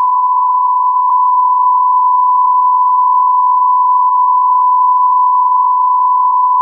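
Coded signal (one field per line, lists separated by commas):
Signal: radio time signal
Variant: Beta, RJH77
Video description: 00:05 : Unmodulated carrier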